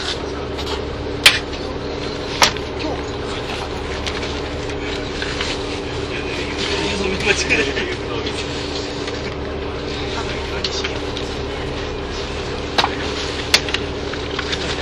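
A steady low rumble of a train ride from Nagoya to Toyama, with faint murmuring voices and sharp clicks near the start and end.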